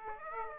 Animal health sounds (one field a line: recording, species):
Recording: mosquito wingbeat signal from an infrared sensor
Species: Aedes aegypti